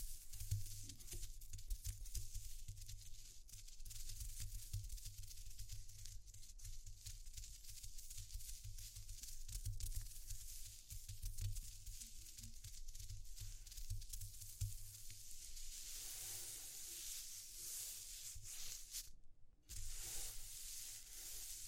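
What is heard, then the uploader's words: ASMR texture sounds: a steady crackly, sizzling hiss over a low hum, with a brief silent gap near nineteen seconds. ASMR Exploring Textures (No Talking).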